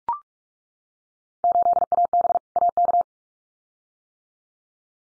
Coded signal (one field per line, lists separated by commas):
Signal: Morse code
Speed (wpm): 44 wpm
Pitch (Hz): 700 Hz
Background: none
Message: 8AB AK